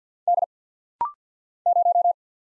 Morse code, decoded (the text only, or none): D 0